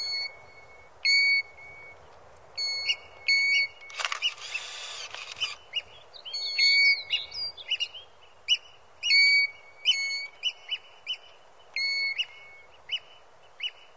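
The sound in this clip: European golden plover calls: clear, steady whistled notes repeated at irregular intervals, with a brief burst of rustling noise and some softer twittering notes midway.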